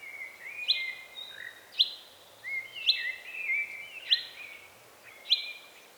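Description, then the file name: Common chaffinch calls, short sharp metallic notes repeated about once a second, with thin whistled tones underneath. "Fringilla coelebs"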